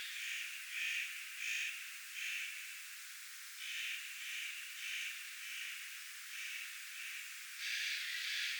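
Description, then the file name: Spotted Nutcracker rasping calls repeated in uneven bursts, with a louder cluster of squawks near the end. Spotted Nutcracker and a Eurasian jay squawking at the same time; recorded on 1 September 2026. "pahkinahakki ja narhi raakkuvat yhta aikaa"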